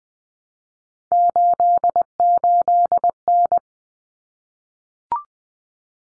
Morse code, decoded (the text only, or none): 88N